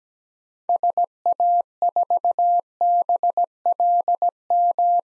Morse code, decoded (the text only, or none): SA4BLM